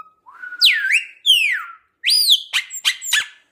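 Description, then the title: Chopi blackbird song: loud, varied whistled phrases with swooping, slurred notes rising and falling, followed by sharper, quick chipping notes near the end. "Passaro Preto"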